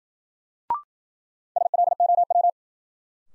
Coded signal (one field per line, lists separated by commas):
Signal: Morse code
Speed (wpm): 55 wpm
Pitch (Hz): 700 Hz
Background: none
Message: SLOW